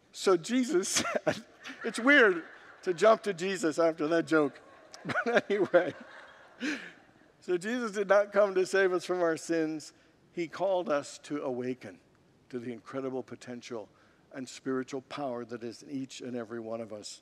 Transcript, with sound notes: So, Jesus said… I’s weird to jump to Jesus after that joke. [Congregants laugh] So, Jesus did not come to save us from our sins. He called us to awaken to the incredible potential and spiritual power that is in each and every one of us.